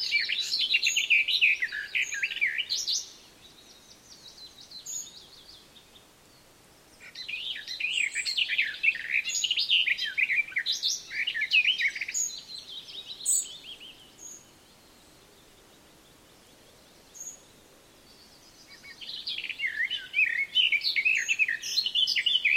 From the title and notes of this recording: Dawn Chorus In Scottish Forest. I was incredibly fortunate to arrive in Scotland just as the weather turned from cold and miserable to calm and sunny. The dawn choruses lasted long into the morning and featured beautifully exuberant birdsong.